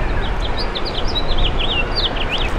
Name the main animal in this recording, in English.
House Finch